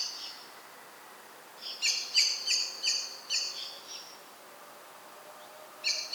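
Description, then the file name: Common blackbird uttering a rapid series of several sharp chinking notes, then a pause before another call begins near the end. "Turdus merula"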